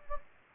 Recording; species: mosquito wingbeat signal from an infrared sensor; Anopheles gambiae